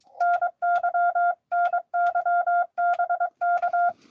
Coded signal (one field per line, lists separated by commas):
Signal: Morse code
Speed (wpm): 23 wpm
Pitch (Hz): 700 Hz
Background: none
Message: NY NY BK